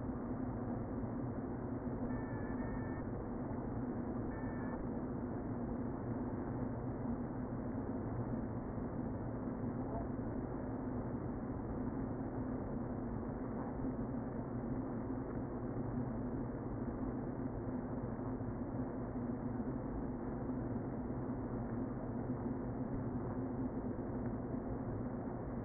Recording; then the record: honeybee colony, microphone inside the hive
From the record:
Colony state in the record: queen present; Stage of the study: before two queens were removed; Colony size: about 60,000 bees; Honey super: yes